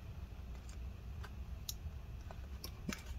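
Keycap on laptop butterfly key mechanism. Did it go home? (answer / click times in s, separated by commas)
no / none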